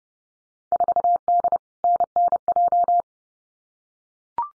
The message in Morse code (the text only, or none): 4D NNJ